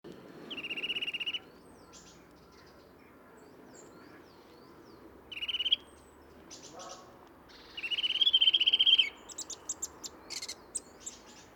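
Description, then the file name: Eurasian nuthatch giving rapid, evenly pulsed trills of high notes in three bursts, the last longest, followed by scattered sharp high chips. "Sitta europaea"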